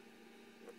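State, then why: Not seated. A plastic cap is being pushed back onto an alcohol/dye craft marker, which needs to click shut so the marker doesn't dry out. Only a steady low hum is heard, with a faint brief rise near 0.7 s. The cap has not clicked on yet and nothing has seated.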